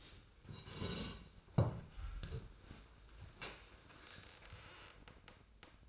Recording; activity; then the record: daily activity, microphone in the room; sit down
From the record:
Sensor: 2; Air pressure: 1005.0 hPa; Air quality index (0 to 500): 99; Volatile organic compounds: 2 ppm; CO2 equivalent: 1202 ppm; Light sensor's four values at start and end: 7/16/7/7 and 7/17/7/7